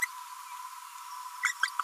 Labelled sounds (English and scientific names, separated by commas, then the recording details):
Green-rumped Parrotlet (Forpus passerinus) babbling
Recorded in a nest box in Venezuela
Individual 18B25A4